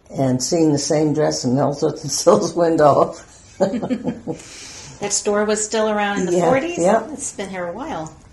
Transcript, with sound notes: and seeing the same dress in Ellsworth & Sill's window [laughter]
That store was still around in the forties, it's been here a while.